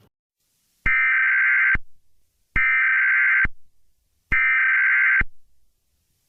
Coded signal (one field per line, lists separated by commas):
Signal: Emergency Alert System (SAME) tones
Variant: header bursts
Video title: EAS Scenario: Embrace (Teaser)